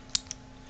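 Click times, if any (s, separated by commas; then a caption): 0.2 s. The metal outer barrel of a re-pinned, re-keyed Ford 5-cut old-style ignition lock cylinder is spun onto the pinned core during reassembly. A sharp, bright click at 0.15 s marks the barrel seating. A second, softer tick follows at 0.3 s, and the barrel is on.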